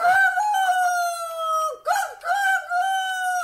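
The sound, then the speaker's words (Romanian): A rooster crows loudly on its own at night, just past midnight, one long strained cock-a-doodle-doo. The steady, bright harmonic call breaks briefly midway, then drawls on to the end. “Dar nu mai ai somn, orătania furisită. Te-a găsit cântatul la miezul nopții.”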